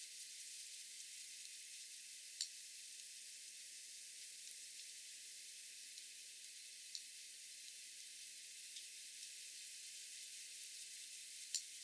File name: sperm whale slow clicks